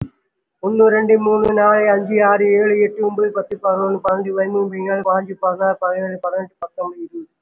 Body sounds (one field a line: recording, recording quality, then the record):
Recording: counting at a fast pace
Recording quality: excellent, no background noise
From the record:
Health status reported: respiratory illness, not identified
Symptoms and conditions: cough, cold, breathing difficulty, asthma, chronic lung disease, hypertension, diabetes, ischaemic heart disease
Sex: male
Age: 54 years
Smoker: yes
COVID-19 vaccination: one dose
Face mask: worn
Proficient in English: no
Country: India